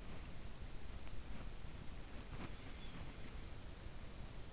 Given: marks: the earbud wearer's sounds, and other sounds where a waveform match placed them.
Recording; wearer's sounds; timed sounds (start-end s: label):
sounds in sleep by an in-ear microphone; body movement
0.00-3.85 s: body movement